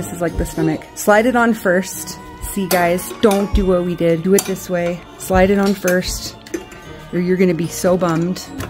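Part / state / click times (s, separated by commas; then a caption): stomach piece into animatronic figure / not seated / none. A plastic stomach/waist piece is being handled and slid on while assembling an animatronic figure, with light clinks and handling noises under music as someone talks. The piece has not popped into place yet, and nothing has seated or clicked by the end of the clip.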